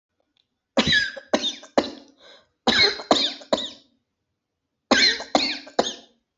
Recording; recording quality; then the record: heavy voluntary cough; excellent, no background noise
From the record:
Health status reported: healthy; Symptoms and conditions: none ticked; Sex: male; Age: 27 years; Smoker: not ticked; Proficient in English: yes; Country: India